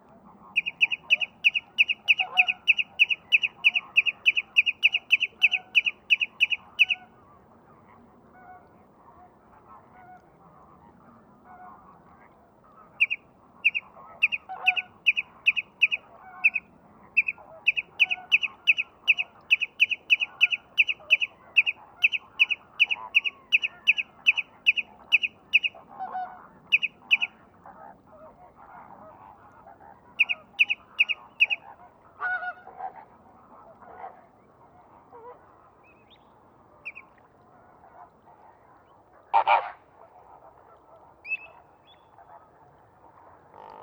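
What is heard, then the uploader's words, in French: Greater flamingos keep up a continuous goose-like babble, with bursts of rapid, regular honking calls and one sharp louder call near forty seconds. Murmures de l'hiver en Camargue. Digue à la mer - Phare de la Gacholle - Camargue - Nomad zaxcom - mkh8020. La rumeur continue des Flamants roses tout autour de moi. Le mistral se repose pour quelques heures, laissant enfin les sons et ambiances se propager dans ce merveilleux paysage de sansouire hivernal. Vers 23h00, il fait à peine 5°. Mes micros sont à une centaine de mètres sur un promontoire et se gavent de sonorités sauvages.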